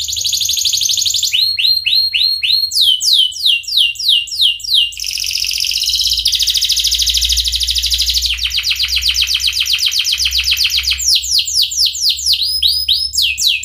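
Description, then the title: Canary song, loud and continuous, made of rapid repeated trills and rolling phrases that shift in pitch every second or two. Kenari described as gacor (singing energetically), with its best cengkok (song ornamentation) and richest isian (fill-in phrases); Indonesian kicaumania songbird hobby. "Kenari Gacor Cengkok Terbaik Isian Paling Mewah Kenarigacor Kicaumania Kenari"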